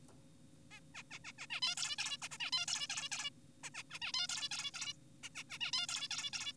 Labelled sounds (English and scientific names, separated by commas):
Zebra Finch (Taeniopygia guttata)